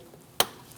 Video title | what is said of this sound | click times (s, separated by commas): How to Replace Timing Belt Kit 2005-2009 Subaru Legacy | Push until you hear a click. If you don't, give it a pull. Make sure it's locked on. | 0.4 s